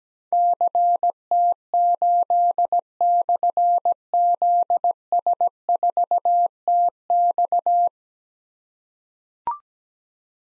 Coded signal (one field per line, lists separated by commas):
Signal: Morse code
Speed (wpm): 17 wpm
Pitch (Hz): 700 Hz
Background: none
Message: CT8/ZS4TX